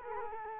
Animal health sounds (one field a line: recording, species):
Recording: mosquito wingbeat signal from an infrared sensor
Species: Culex quinquefasciatus